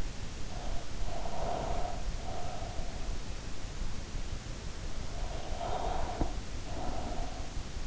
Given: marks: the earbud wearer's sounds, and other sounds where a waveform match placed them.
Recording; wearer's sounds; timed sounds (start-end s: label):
sounds in sleep by an in-ear microphone; breath
0.00-3.05 s: breath
5.07-7.77 s: breath